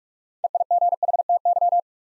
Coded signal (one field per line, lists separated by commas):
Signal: Morse code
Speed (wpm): 44 wpm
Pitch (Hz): 700 Hz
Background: none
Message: EIGHTY